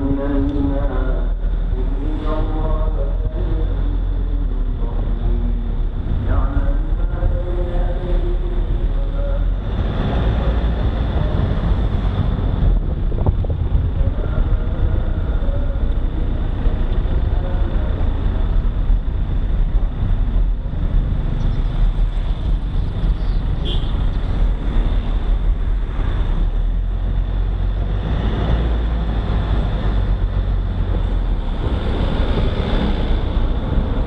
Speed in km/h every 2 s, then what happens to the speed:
25, 25, 24, 24, 29, 32, 29, 24, 22, 19, 19, 17, 19, 26, 29, 29, 26.
0-6 steady at about 24. 6-10 speeds up to 32. 10-18 slows to 19. 18-23 steady at about 19. 23-28 speeds up to 29. 28-34 steady at about 29.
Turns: none.